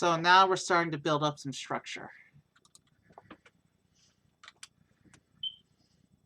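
Someone talks over the first two seconds while pressing a plastic toy brick onto another brick or baseplate, assembling a small Disneyland Haunted Mansion set. Soft clicks and light taps follow as the part is handled. Nothing has seated yet.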